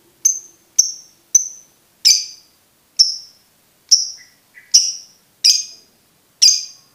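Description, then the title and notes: Lovebird high shrill notes: sharp, piercing chirps about every half to one second, growing fuller and harsher toward the end. Masteran training audio for birds to learn ngekek. "MASTERAN BURUNG. Belajar Ngekek. lofbet"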